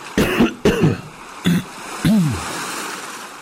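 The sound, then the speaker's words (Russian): A man coughs four times in separate harsh bursts, the last one longer and more rasping, with steady background hiss between them and no talking. “Здоровье мое лучше, но кашлю я неистово.”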